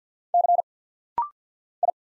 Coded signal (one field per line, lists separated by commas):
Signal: Morse code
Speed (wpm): 49 wpm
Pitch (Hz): 700 Hz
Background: none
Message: C I